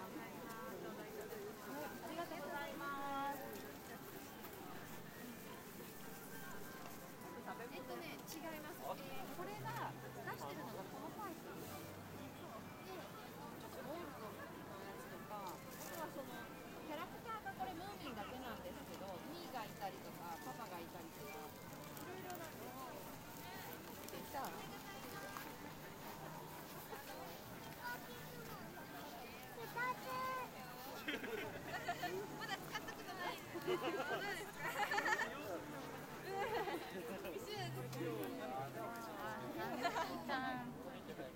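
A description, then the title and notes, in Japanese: A lively morning market fills the scene with many overlapping voices talking at once, a steady, dense murmur of chatter for the whole stretch. Individual voices rise above the crowd now and then, more often toward the end, over a faint low rumble, perhaps passing vehicles. 朝市出店日の音風景。12月ですが、寒すぎず心地よい晴れ。合間を見て、会場を一周した様子です。皆、思い思いに過ごし、にぎやか。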